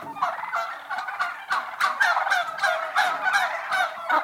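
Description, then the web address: Turkeys calling as a flock, overlapping yelps and clucks, a dense continuous chorus with frequent short peaks several times a second. Turkey hens, indoors, general atmosphere of a group. "interior general atmosphere of turkey hens"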